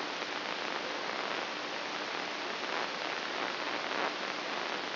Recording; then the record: brain microelectrode recording played as sound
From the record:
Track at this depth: inside the subthalamic nucleus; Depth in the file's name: 5.063 mm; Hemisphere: left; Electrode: 3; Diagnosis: Parkinson's disease